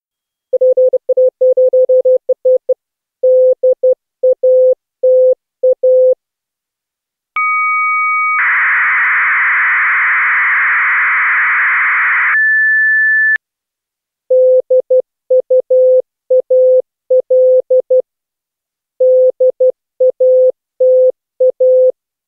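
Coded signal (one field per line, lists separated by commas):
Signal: fast PSK data mode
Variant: 8PSK1000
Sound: morse code beeps, two steady tones, a four-second wide hiss burst, then more Morse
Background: Morse code beeps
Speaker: aan het uit van de uitzending ook een fragment in het supersnelle achter psk 1000 zonder de letter f overigens dus acht psk 1000 met als centrale frequentie 1750 HZ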